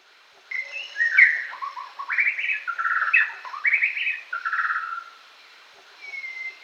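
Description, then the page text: White-rumped shama song of melodious whistles mixed with fast rattling trills and chattering notes, phrases tumbling together, then a pause and one soft falling whistle. "White-Rumped Shama Song. Quick Sounds"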